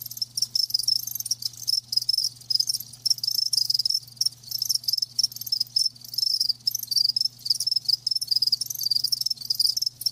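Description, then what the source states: Cricket chirping, dense high trilled pulses in quick regular bursts throughout, over a quiet low hum. Live crickets chirping.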